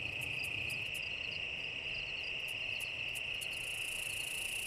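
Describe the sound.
Cicada song: a steady, piercing high drone with quick sharp ticks pulsing above it, and a thin hiss rising higher in the last second.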